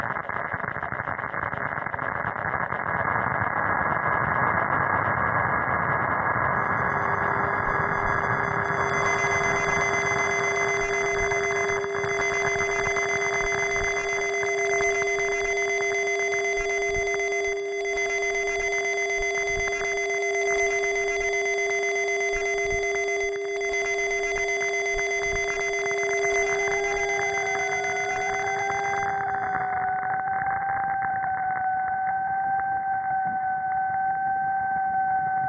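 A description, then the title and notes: Electromagnetic frequencies picked up from the local environment, heard as a constant electrical hum and hiss. From about seven seconds, steady whining tones and a bright buzz with faint rhythmic pulses join in. Near twenty-six seconds a wavering tone slides upward and holds to the end. This time scavenging sounds from various sources in the small apartment I live in. This time I’ve used a different EMF detector, one built by Sorte Muld Instruments. Built with fragments of recordings made in the past few days of this third month of a COVID lockdown here in Sydney Australia.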